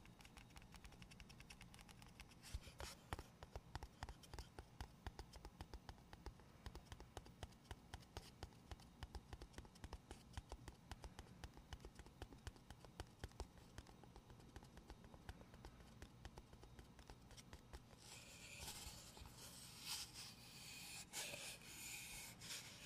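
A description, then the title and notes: Gentle, rapid tapping and light scratching continue steadily, then shift after eighteen seconds to a brighter, hissier rubbing sound. ASMR medium gentle tapping and scratching.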